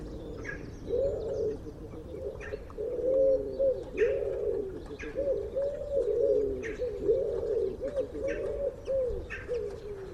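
Common wood pigeon cooing, a run of soft low hooting coos repeated steadily, with other birds chirping faintly behind.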